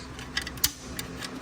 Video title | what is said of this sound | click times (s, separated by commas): THE CASUAL DAILY DRIVER BURNT 8 SPEED TRANSMISSION FROM A CAMARO | like that you heard the you heard the snap | 0.6 s